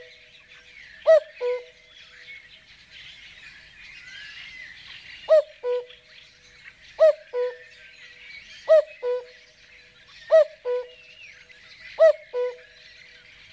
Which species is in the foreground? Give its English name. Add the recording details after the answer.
Common Cuckoo. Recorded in the wild. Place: Kaiserstuhl, Baden-Württemberg, DE. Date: 1981-05-23. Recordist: Schwarz, Dieter